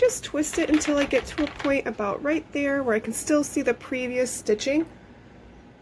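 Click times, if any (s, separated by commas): none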